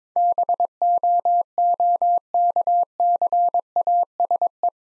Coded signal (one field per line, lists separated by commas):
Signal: Morse code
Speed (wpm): 24 wpm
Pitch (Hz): 700 Hz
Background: none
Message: BOOKCASE